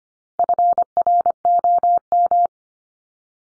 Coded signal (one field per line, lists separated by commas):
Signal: Morse code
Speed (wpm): 25 wpm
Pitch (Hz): 700 Hz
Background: none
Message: FROM